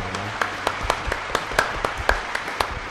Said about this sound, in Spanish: Aplauso.